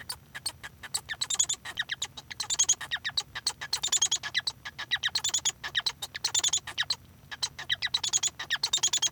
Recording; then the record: song of a male Bengalese finch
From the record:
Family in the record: son of father 1